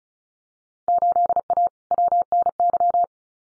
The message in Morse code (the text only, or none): 8A WNY